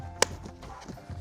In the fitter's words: Okay, this goes in there. Ooh, nice clicks.